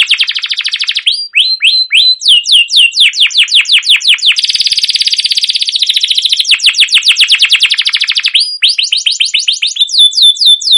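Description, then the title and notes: Canary song, continuous rapid trills and steady strings of sharp downslurred chirps, high-pitched and unbroken. Long continuous chirping canary song, used as a lure to prompt young canaries to sing and learn. "CUIT CUIT NGEROL LANGSUNG GACOR PANJANG Kenari Ini Utk Pancingan KENARI PAUD BELAJAR BUNYI. burung kenari"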